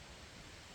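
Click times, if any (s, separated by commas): none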